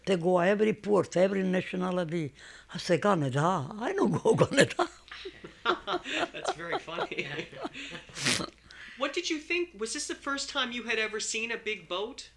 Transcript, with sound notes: They go every port, every nationality. I say, "Canada? I no go Canada." ( they laugh )
That's very funny. What did you think? Was this the first time you had ever seen a big boat?